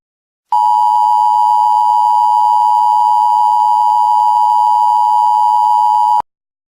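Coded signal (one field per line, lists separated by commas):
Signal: Emergency Alert System (SAME) tones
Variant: 853 and 960 Hz attention tone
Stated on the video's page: Fictional EAS scenario.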